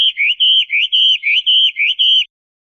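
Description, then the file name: Chinese hwamei singing a steady string of loud, rich whistled notes, each slurring up then holding, repeated in quick succession before stopping. "audio-kicauan-burung-hwamei omkicau"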